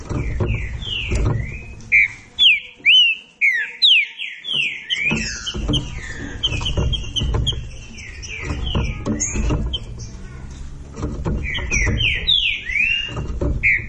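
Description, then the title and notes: Green-winged saltator song, bright down-slurred whistles in quick succession, with a loud low rumble underneath most of the time. Classic song style (canto clássico) recording intended for training. "Canto Clássico Trinca Ferro TREINAMENTO. trinca fero"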